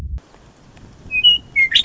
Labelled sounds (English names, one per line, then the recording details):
Western Meadowlark
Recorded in Sonoma County, California